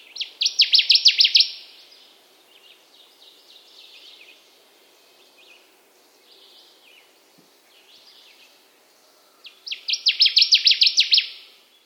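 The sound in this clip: Connecticut warbler singing two loud bursts of rapid, repeated choppy phrases about nine seconds apart, with softer twittering in between.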